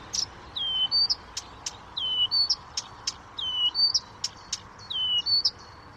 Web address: chant didier collin rousserolle des buissons